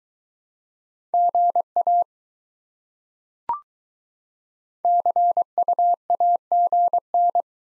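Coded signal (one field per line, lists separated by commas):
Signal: Morse code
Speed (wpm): 21 wpm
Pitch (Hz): 700 Hz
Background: none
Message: GA CUAGN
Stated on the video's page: Speed-Racing practice format starting fast and slowing to a 15 wpm base, fastest speed 1.5 times the slowest, with a final repeat at maximum speed.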